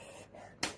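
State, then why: Seated. A small reinforcement piece is turned into place on the aluminium frame of a VILLEY folding camping table (41×56.5×41.5 cm). After a quiet stretch of faint handling, it snaps in with a single sharp click at 0.6 s and is seated.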